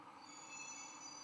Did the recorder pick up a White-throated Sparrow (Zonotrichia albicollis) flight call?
no